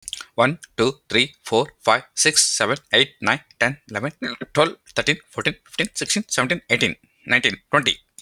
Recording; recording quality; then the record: counting at a fast pace; excellent, no background noise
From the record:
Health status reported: healthy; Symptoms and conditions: none ticked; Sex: male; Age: 36 years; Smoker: not ticked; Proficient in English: yes